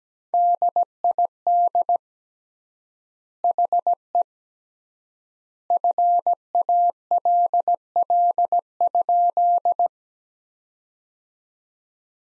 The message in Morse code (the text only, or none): DID HE FALL?